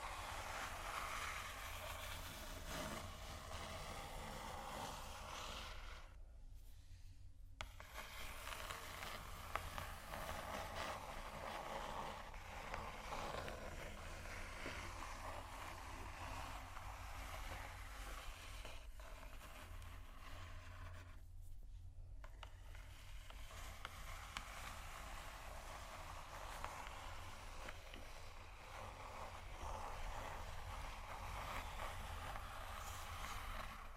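Slow, deep, soft scratching runs as a dense, rough, continuous texture over a steady low rumble. The scratching cuts out twice, briefly around seven seconds and again near twenty-two seconds, leaving only the low hum before the strokes resume at an even level.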